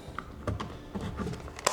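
An induction charging circuit board is pressed into a plastic NES game cartridge shell, with small knocks and handling taps along the way. A sharp click at 1.7 s marks the board seating, and it fits perfectly together.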